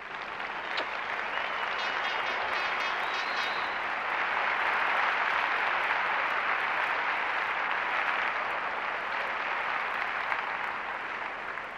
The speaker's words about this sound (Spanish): Yo, pues sin más, quiero pediros un fuerte aplauso para, no sé qué porcentaje ponerle, mi todo en el negocio.